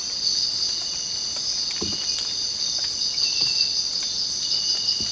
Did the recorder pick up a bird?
no